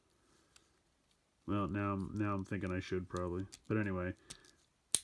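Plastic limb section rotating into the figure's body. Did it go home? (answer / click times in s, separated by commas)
yes / 5.0 s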